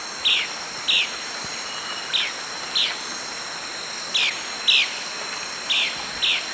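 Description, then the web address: Three-striped flycatcher calls: eight short, sharp downslurred notes in four spaced pairs, over a steady high insect drone. Calls recorded in the eastern lowlands of South America. "Natures Songs S America Eastern Lowlands. Conopias trivirgatus, calls"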